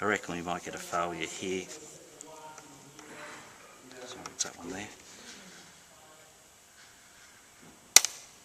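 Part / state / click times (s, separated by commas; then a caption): force-limited punch tester pressed against fencing mask mesh / torque reached / 8.0 s. Someone talks while a spring-loaded, force-limited punch tester is pressed against a dented area of a fencing mask's metal mesh. At 8.0 s the tester's clutch releases at its set force with a sharp, obvious click, felt as well as heard, followed by a faint after-tick.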